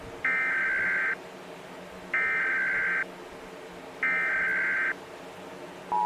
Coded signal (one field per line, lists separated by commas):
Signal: Emergency Alert System (SAME) tones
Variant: header bursts